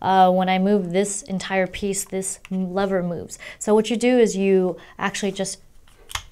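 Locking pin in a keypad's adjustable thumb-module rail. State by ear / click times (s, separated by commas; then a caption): released / 6.2 s. A person talks while handling the adjustable thumb module on a Razer Orbweaver Elite mechanical gaming keypad. Near the end, the locking pin in the module's rail is pulled out with a sharp click at 6.2 s, releasing the module so it can slide.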